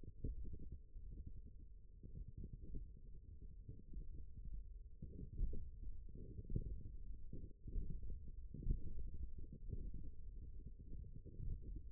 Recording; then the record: forearm muscle sounds (acoustic myography)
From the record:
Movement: tripod grip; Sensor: system 1, eight BSWA MPA416 microphones around the upper forearm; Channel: 7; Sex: female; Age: 20 years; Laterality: right